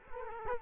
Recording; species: mosquito wingbeat signal from an infrared sensor; Culex quinquefasciatus